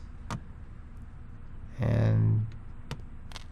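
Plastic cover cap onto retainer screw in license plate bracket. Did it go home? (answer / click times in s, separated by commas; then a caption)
yes / 2.9 s, 3.4 s. Small painted plastic caps, matching the car's paint, are pressed by hand over the retaining screws of an installed plastic front license plate bracket (OEM part 22830069) on a Corvette C7 Aero. Someone talks briefly in the middle, and sharp snaps are heard at 2.9 s and 3.4 s as the caps seat onto the screws. The caps snap into place.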